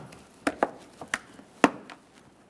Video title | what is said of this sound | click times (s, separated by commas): How to Replace Brake Master Cylinder 2014-2019 Toyota Corolla | Listen for an audible click. | 1.6 s